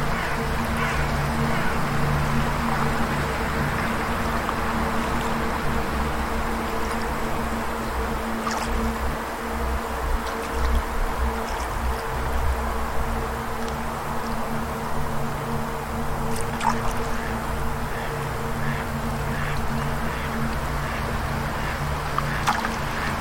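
Ambient outdoor sounds with a steady low hum of held tones running beneath a dense wash of chatter and croaking. Brief bright clicks and chirps pop up every few seconds, especially around 8 and 17 seconds, while the overall level stays even throughout.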